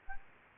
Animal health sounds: mosquito wingbeat signal from an infrared sensor; Aedes albopictus

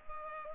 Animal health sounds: mosquito wingbeat signal from an infrared sensor; Culex pipiens

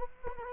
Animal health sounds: mosquito wingbeat signal from an infrared sensor; Culex quinquefasciatus

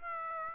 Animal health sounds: mosquito wingbeat signal from an infrared sensor; Aedes aegypti

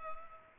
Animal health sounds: mosquito wingbeat signal from an infrared sensor; Culex pipiens

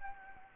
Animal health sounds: mosquito wingbeat signal from an infrared sensor; Anopheles gambiae

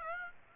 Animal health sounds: mosquito wingbeat signal from an infrared sensor; Aedes aegypti

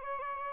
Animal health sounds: mosquito wingbeat signal from an infrared sensor; Aedes albopictus

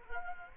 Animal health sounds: mosquito wingbeat signal from an infrared sensor; Culex quinquefasciatus

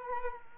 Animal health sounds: mosquito wingbeat signal from an infrared sensor; Culex quinquefasciatus

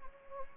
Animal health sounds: mosquito wingbeat signal from an infrared sensor; Anopheles gambiae

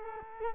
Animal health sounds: mosquito wingbeat signal from an infrared sensor; Culex quinquefasciatus

